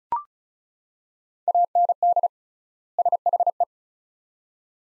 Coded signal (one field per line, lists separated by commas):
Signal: Morse code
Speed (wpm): 36 wpm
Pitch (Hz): 700 Hz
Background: none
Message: AND SHE